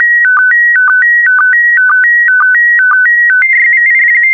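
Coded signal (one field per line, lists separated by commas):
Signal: SSTV (slow-scan television)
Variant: PD120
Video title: (04 of 12) ISS Expedition 66 - MAI-75 February 2022 - Retransmission SSTV PD120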